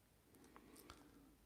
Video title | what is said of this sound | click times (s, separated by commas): Mix And match fun with origins He-Man and the Masters of the Universe | Clicks in place now and yes | 0.9 s